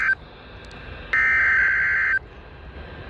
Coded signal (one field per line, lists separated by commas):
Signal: Emergency Alert System (SAME) tones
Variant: header bursts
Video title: [EAS #42] SGX Required Weekly Test on WXM66 Riverside train station